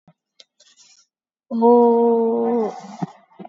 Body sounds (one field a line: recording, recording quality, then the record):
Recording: sustained vowel as in boot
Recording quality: excellent, no background noise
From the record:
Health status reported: COVID-19 positive, moderate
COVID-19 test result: positive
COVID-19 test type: RT-PCR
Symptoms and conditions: cough, cold, sore throat, fever, fatigue, muscle pain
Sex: female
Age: 30 years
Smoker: no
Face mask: worn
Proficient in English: yes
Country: India